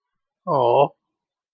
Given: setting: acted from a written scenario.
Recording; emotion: vocal sound without words; disappointment